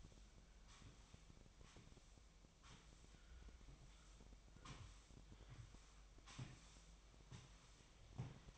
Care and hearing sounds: daily activity, microphone in the room; sweep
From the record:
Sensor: 1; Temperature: 24.7 degrees Celsius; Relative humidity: 39.7%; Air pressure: 1001.6 hPa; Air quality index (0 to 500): 220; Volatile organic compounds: 29 ppm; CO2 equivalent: 2933 ppm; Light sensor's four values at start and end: 8/30/10/12 and 8/30/10/12

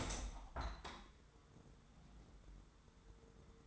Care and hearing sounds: daily activity, microphone in the room; open window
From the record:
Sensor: 3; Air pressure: 999.8 hPa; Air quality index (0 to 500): 218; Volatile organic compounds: 77 ppm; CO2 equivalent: 3584 ppm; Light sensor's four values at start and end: 9/22/9/9 and 10/22/9/9

